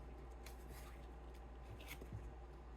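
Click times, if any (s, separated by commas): none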